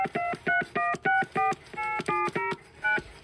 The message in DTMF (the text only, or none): 231648709